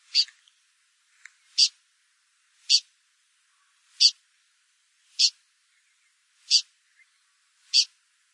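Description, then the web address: Blyth's pipit calls: short, harsh, high-pitched notes repeated at fairly even intervals of about one to one and a half seconds, with quiet between them. "blyth s pipit bird call"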